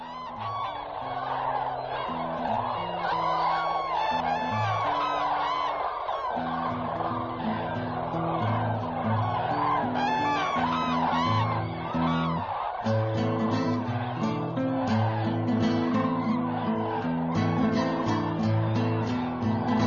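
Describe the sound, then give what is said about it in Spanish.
A large flock of cranes in the Biebsa Valley marshes, on their last day before a long migration, trumpets continuously, many loud, rolling bugle-like calls overlapping into a noisy chorus, with low sustained musical tones running underneath throughout. “Su escandaloso y alegre grito de llamada volverá a los pantanos del Biebsa en la próxima primavera.”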